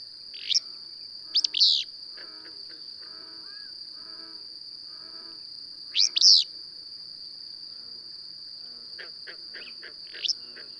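Bird gives loud sweeping high chirps in clusters every few seconds, set against a constant shrill insect hum and quieter background twitters.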